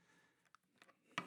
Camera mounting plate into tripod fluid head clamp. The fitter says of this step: we're going to snap that into place. Okay?